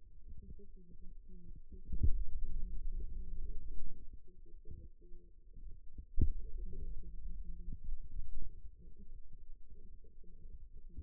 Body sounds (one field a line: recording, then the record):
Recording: forearm muscle sounds (acoustic myography)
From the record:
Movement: finger pinch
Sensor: system 2, bracelet of six BSWA MPA416 microphones around the upper forearm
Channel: 3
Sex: male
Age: 22 years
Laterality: right